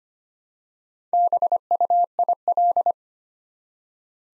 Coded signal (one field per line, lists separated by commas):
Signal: Morse code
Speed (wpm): 25 wpm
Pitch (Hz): 700 Hz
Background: none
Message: BUIL